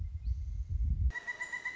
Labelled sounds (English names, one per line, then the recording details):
Pileated Woodpecker
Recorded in Sonoma County, California